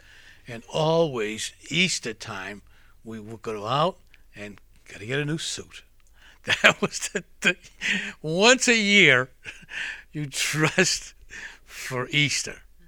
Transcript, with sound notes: And always Eastertime, we would go out and got to get a new suit. (he laughs) That was the, once a year you dressed for Easter.